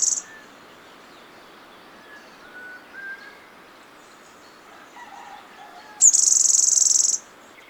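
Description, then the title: Black-crested warbler song, a high, even buzzy trill lasting about a second near the end, after the tail of another trill at the start and soft whistled notes. "Myiothlypis Nigrocristata"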